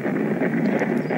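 A brief stretch of rapid, whooshing, galloping pulses over steady machine hiss: an ultrasound Doppler picking up a fetal heartbeat. The beats come quickly, as expected for a fetal heart.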